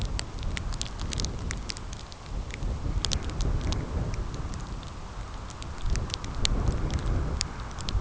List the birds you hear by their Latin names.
none